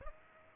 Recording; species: mosquito wingbeat signal from an infrared sensor; Aedes aegypti